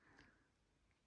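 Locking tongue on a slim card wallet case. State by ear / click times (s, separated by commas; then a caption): seated / 0.2 s. A slim card wallet is closed and the small locking tongue in its corner is pushed home, giving one quiet, sharp click at 0.2 s as it snaps into place. The rest of the clip is a low, steady background with no talk.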